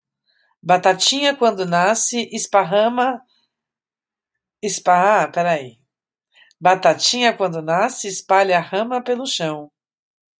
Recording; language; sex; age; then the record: short text; Brazilian Portuguese; female; 40 to 49 years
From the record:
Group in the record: control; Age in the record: 40 years